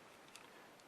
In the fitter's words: into that position until you basically hear it click or until it stops.